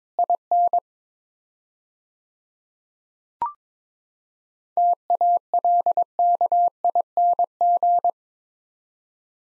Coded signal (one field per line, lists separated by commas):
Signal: Morse code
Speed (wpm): 22 wpm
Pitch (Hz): 700 Hz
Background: none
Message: IN TALKING